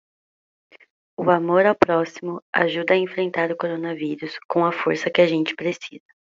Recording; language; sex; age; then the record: spoken sentence; Brazilian Portuguese; female; 20 to 29 years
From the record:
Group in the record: control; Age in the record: 23 years